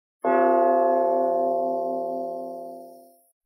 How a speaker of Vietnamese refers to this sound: Một tiếng va chạm như tiếng chuông vang lên.